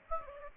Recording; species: mosquito wingbeat signal from an infrared sensor; Aedes aegypti